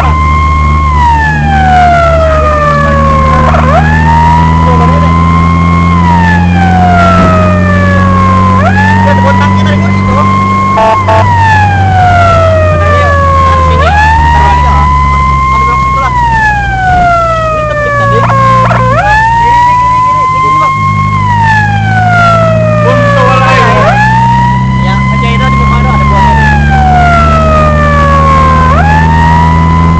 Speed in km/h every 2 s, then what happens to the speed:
54, 56, 60, 67, 70, 71, 61, 46, 41, 43, 34, 40, 50, 55, 59.
0-10 speeds up to 71. 10-15 brakes to 41. 15-20 steady at about 41. 20-30 speeds up to 59.